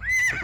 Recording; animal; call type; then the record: contact call of a hoofed animal; Przewalski's horse; whinny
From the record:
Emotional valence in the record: positive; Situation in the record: food anticipation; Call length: 0.44 s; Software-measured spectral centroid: 3810 Hz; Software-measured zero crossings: 3490 a second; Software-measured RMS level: -24 dBFS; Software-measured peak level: -20 dBFS